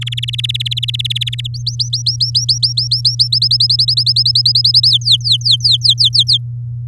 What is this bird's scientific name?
Serinus canaria